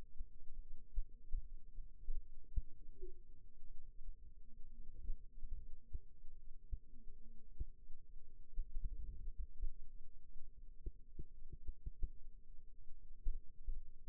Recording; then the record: forearm muscle sounds (acoustic myography)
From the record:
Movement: rest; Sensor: system 2, bracelet of six BSWA MPA416 microphones around the upper forearm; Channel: 2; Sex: male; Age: 22 years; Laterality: right